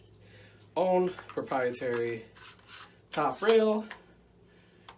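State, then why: Seated. A proprietary top rail is fitted onto a rifle's receiver while someone talks. A single sharp click at 4.9 seconds marks the rail locking into place, seated.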